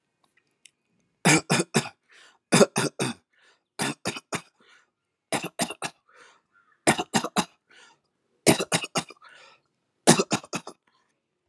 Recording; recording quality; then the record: shallow voluntary cough; excellent, no background noise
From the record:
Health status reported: healthy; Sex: male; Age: 39 years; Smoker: yes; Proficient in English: yes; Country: India